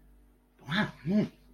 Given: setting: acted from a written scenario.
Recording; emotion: vocal sound without words; positive surprise